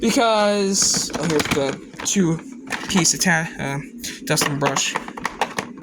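Someone talks while handling the two-piece plastic dusting brush attachment, fitting it onto the hose of a 2009 Bissell Healthy Home 2nd Gen upright vacuum cleaner, Model 16N5. A few short, sharp handling taps are heard near the end, from about 5.2 to 5.8 seconds. The clip ends before the brush goes home, so nothing has seated or clicked yet.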